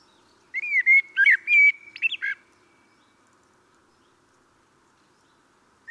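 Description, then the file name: Common blackbird song: one full phrase of sweet, flowing whistles and brief high flourishes, then silence until a new phrase begins at the very end. "Turdus merula"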